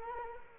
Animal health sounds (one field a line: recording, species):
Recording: mosquito wingbeat signal from an infrared sensor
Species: Culex quinquefasciatus